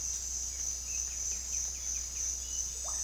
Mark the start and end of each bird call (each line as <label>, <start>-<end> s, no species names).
bird call, 0.41-2.31 s